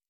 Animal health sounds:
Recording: hydrophone in a shrimp aquaculture tank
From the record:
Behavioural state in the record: normal

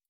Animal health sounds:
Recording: hydrophone in a shrimp aquaculture tank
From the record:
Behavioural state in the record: stressed

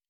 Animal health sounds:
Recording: hydrophone in a shrimp aquaculture tank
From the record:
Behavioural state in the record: normal

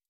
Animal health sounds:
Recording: hydrophone in a shrimp aquaculture tank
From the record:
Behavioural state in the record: stressed

